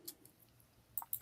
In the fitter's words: It doesn't have quite that satisfying click that the